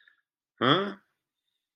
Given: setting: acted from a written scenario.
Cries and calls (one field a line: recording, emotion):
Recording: vocal sound without words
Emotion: confusion